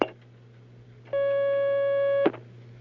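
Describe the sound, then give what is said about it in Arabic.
A steady electronic telephone line tone signalling an incoming call sounds for about a second, a single sustained mid-pitched note with harmonics, framed by brief clicks and a low constant hum underneath. “هناك مكالمة.”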